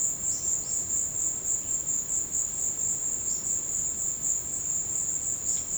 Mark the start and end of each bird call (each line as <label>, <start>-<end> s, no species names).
bird call, 3.19-3.62 s